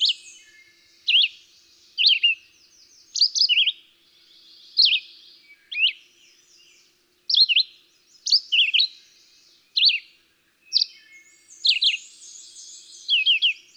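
Red-eyed Vireo song: continuous run of short, varied, slurred phrases about once a second.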